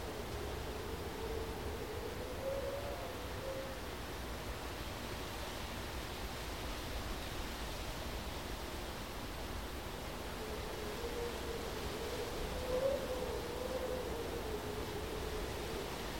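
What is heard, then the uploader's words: Wind sweeps steadily over the rocks of Mount Ngungun, a dense, even rush with a deep rumble underneath. Faint whistling tones rise and fall around the second and twelfth seconds, and a brief gust swells near thirteen seconds. Listen to the wind glide over the rocks of Mount Ngungun during golden hour.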